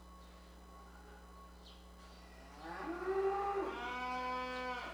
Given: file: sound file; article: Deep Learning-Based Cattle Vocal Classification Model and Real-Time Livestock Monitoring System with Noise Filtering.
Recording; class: cattle; normal call